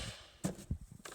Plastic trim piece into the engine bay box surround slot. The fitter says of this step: you'll hear it and feel it click and then